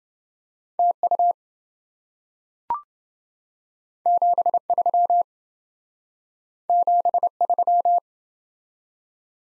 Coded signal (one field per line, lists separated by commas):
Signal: Morse code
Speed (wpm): 28 wpm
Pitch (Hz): 700 Hz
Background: none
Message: TU 73 73